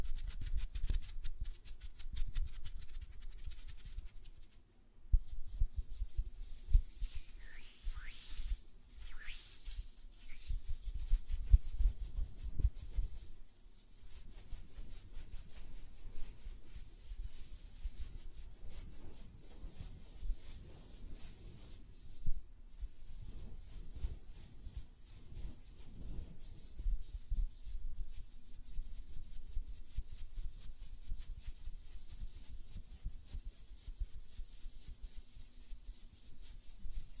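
Dense, fast tapping and fluttering of fingers and nails, with a dry rubbing texture running throughout. The rapid patter shifts in tone at about 5, 13 and 22 seconds, with brief pauses. A steady low hum sits underneath.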